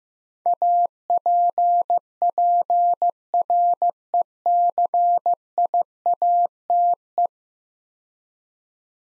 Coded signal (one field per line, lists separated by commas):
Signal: Morse code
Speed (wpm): 15 wpm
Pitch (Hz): 700 Hz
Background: none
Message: APPRECIATE